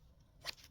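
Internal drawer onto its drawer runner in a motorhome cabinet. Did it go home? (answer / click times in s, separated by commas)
yes / 0.5 s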